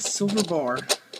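Someone talks while a plastic part on a Transformers: Fall of Cybertron Swindle robot toy is wiggled up a silver metal bar, where it is meant to lock into place. Nothing has seated or clicked yet.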